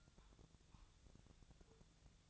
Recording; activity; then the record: daily activity, microphone in the room; take from stove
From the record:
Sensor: 3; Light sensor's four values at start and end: 7/18/7/7 and 8/18/7/7